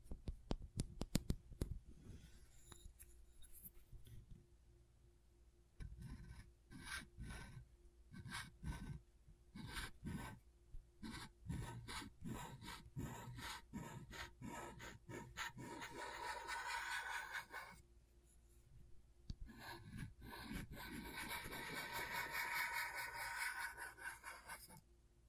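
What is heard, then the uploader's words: Scratching on a scratchboard: a tool rasps and scrapes across the surface in short strokes. Sharp, quick scratches open the first few seconds, then slower rubbing strokes follow. Around sixteen and twenty-one seconds come longer, brighter grinding passes, with a low steady hum underneath throughout. ASMR Brain Tingling Scratchboard (No Talking).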